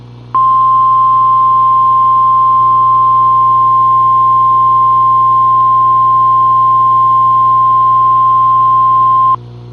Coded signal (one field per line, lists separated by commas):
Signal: Emergency Alert System (SAME) tones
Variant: 1050 Hz attention tone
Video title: EAS 1653: NWS Boulder/Denver Tornado Warning